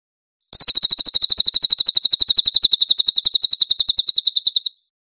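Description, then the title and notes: Cililin trill: a long run of quick, high, metallic chirps at an even rate, lasting about four seconds, with silence before and after. Cililin song with clear audio, for training cage birds. "MASTER SUARA BURUNG CILILIN, AUDIO JERNIH. CICILIN"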